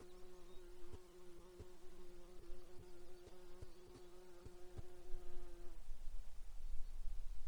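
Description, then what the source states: Insect buzzing, a steady droning hum with layered harmonics for about six seconds before stopping abruptly, leaving low background noise. Alaska, 15 June 2019, 07:57:33.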